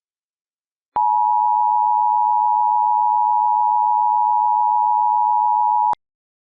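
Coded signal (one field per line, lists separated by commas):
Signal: Emergency Alert System (SAME) tones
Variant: 853 and 960 Hz attention tone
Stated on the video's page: Fictional EAS scenario, a Spring Fling 2023 contest entry, not based on real events.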